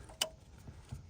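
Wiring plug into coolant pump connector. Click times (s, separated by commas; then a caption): 0.2 s. A plastic wiring plug is pushed into the coolant pump connector on a Mini Cooper S. One sharp tick is heard at 0.2 s as it clicks in and seats, followed by faint low thuds. Someone talks to confirm it.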